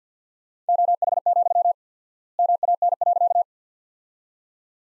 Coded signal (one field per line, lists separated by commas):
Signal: Morse code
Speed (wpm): 50 wpm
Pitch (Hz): 700 Hz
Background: none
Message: OH, MAN.